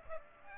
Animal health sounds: mosquito wingbeat signal from an infrared sensor; Aedes aegypti

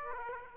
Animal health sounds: mosquito wingbeat signal from an infrared sensor; Aedes aegypti

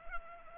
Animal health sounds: mosquito wingbeat signal from an infrared sensor; Culex pipiens

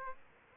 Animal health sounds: mosquito wingbeat signal from an infrared sensor; Aedes aegypti

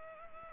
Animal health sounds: mosquito wingbeat signal from an infrared sensor; Culex pipiens

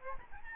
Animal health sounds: mosquito wingbeat signal from an infrared sensor; Aedes albopictus

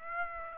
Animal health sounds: mosquito wingbeat signal from an infrared sensor; Aedes aegypti

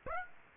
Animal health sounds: mosquito wingbeat signal from an infrared sensor; Aedes aegypti

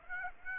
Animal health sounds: mosquito wingbeat signal from an infrared sensor; Aedes aegypti

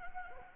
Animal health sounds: mosquito wingbeat signal from an infrared sensor; Anopheles gambiae

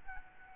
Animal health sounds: mosquito wingbeat signal from an infrared sensor; Aedes albopictus

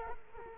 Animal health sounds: mosquito wingbeat signal from an infrared sensor; Culex quinquefasciatus

